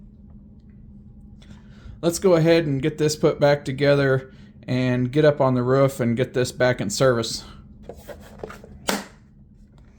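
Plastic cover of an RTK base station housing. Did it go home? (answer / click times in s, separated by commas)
yes / 8.9 s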